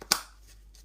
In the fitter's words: audible click